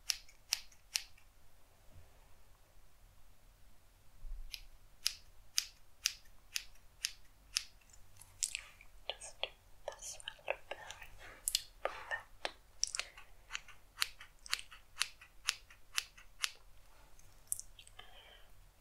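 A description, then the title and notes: Crisp, bright scissor snips repeat in quick, fairly regular bursts during an ASMR haircut, with a few pauses and a faint low hum underneath. ASMR Haircut Roleplay.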